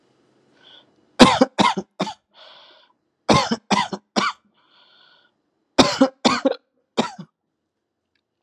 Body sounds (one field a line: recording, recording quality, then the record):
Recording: heavy voluntary cough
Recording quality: excellent, no background noise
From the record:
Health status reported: COVID-19 positive, mild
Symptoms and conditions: cough, cold, sore throat, fever, fatigue, muscle pain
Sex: male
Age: 25 years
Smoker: not ticked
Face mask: worn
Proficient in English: yes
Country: India